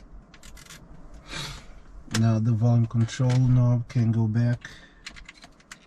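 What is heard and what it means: A volume control knob is handled near a car's infotainment control unit, ready to go back on after cleaning of a sticky button. Someone talks, and there are faint taps and clicks of handling, but nothing has seated or clicked into place yet.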